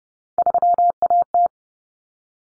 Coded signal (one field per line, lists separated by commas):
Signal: Morse code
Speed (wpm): 30 wpm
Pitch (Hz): 700 Hz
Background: none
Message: 3AT